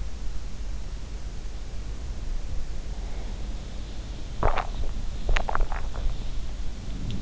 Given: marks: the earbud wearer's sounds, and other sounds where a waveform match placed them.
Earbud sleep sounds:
sounds in sleep by an in-ear microphone; breath, swallowing, teeth grinding
1.65-3.91 s: breath
4.06-7.22 s: sound from someone else or the room
4.40-4.93 s: swallowing
5.26-6.16 s: teeth grinding

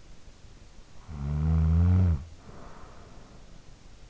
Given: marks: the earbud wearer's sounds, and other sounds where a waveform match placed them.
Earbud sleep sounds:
sounds in sleep by an in-ear microphone; snoring breath
0.64-3.73 s: snoring breath

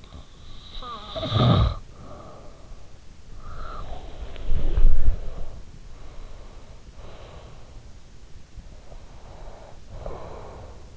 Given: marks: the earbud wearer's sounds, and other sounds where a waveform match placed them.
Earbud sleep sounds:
sounds in sleep by an in-ear microphone; snoring breath, body movement, breath
0.00-3.09 s: snoring breath
3.31-5.76 s: body movement
5.98-7.83 s: breath
8.91-10.96 s: breath

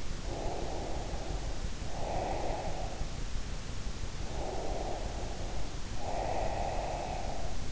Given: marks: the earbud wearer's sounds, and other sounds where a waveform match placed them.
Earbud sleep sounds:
sounds in sleep by an in-ear microphone; breath
0.16-3.24 s: breath
4.25-7.72 s: breath

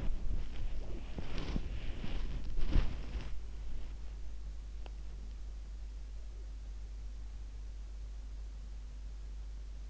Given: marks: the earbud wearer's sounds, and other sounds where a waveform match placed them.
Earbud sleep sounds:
sounds in sleep by an in-ear microphone; body movement
0.00-3.60 s: body movement

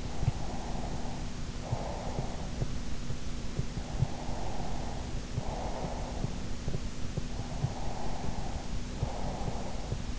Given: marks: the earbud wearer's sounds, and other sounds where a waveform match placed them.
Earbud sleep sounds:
sounds in sleep by an in-ear microphone; breath
0.00-2.71 s: breath
3.65-6.37 s: breath
7.45-10.19 s: breath

